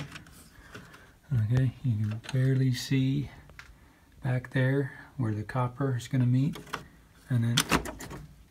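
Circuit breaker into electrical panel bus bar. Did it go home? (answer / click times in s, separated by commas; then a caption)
no / none. A new 30 amp circuit breaker for a water heater is handled at the electrical panel, near the copper bus bar it will be pushed onto. Someone talks throughout, with a few faint knocks and taps from the handling between phrases. The breaker has not snapped onto the bus bar or seated yet.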